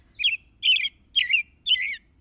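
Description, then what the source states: American robin giving four short, clear, warbled phrases, about half a second apart. Family of robins nested in a coiled cable hung near a welding rig.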